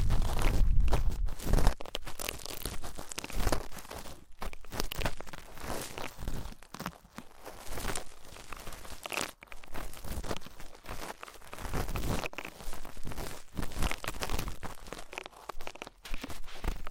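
Ear cleaning sounds in a dense, continuous stream of crinkly scratching and rubbing that covers the whole range from low to bright. The opening two seconds are loudest, with a deep rumbling push, then the texture settles into uneven rustling bursts with brief gaps throughout.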